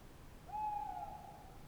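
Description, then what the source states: Tawny owl call: a lone hoot that rises briefly, then holds level with a gentle waver until the end, in near silence. Tawny owl at night on wooded banks of the Dordogne near Limeuil (Alles-sur-Dordogne), France, under a starry sky; end of Cadouin festival Les Rencontres du Réel; Sonosax SX-R4+ recorder, DPA 4022 ORTF microphones.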